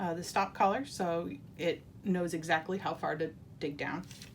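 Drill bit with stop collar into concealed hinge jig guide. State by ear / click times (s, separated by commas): not seated / none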